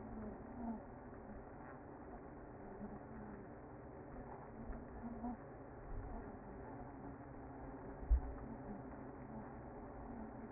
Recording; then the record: honeybee colony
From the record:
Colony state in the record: active